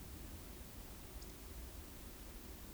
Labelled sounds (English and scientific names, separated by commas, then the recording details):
Eurasian Woodcock (Scolopax rusticola) whistle
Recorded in Baden-Württemberg, Germany, on 9 June 2021 at 20:15 UTC
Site 25175, 602 m above sea level